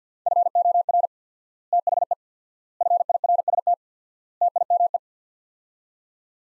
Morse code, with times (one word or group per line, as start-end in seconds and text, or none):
0.3-1.1 FOR
1.7-2.1 THE
2.8-3.7 FIRST
4.4-5.0 TIME